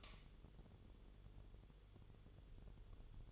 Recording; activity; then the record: daily activity, microphone in the room; light on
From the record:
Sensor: 4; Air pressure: 1008.7 hPa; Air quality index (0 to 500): 98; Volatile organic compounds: 1 ppm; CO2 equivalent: 733 ppm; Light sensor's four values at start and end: 12/27/10/10 and 12/28/11/11